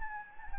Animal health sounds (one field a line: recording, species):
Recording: mosquito wingbeat signal from an infrared sensor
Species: Anopheles gambiae